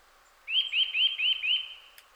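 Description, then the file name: Eurasian nuthatch calling, a quick run of five clear, upslurred whistled notes at an even pace, followed by a single faint click. "Sitta europaea"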